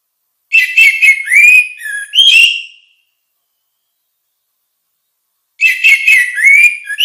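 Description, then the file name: Orange-headed thrush singing warbling whistled phrases with a rising slur, repeated after a silent gap of about three seconds. "suara kicau burung anis merah"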